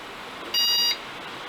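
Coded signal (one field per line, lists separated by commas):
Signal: beep code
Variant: RC drone controller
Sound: one short steady electronic beep, about 0.4 seconds, against quiet room noise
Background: quiet room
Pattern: 1 long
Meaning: Controller paired (synced) to the drone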